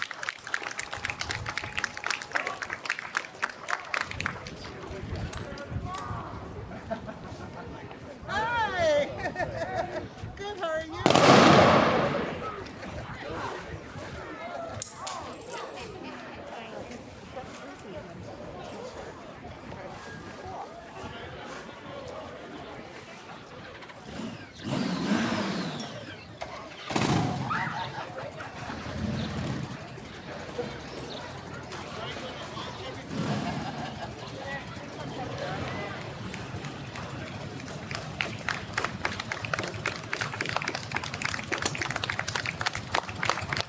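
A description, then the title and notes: A parade along a downtown street, with a crowd murmuring and talking throughout. Sharp bangs stand out near 11 and 27 seconds, with a rumbling pass around 25 seconds, and a rapid crackle of tapping or snapping sounds runs through the opening and closing stretches. Listen to the soundscape of the Memorial Day parade on College Ave in Downtown Appleton.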